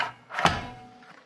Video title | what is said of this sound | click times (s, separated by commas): Potentiometric Titration | so we'll line up the sides here and just push down at a 45 degree angle until you hear a click | 0.4 s